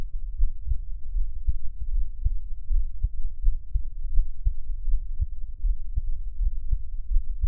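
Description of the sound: Soft, deep thumps repeat in a steady, regular rhythm at about 80 beats a minute, with a faint low hum underneath. It is an adult's heartbeat, recorded up close for ASMR listening, with no talking.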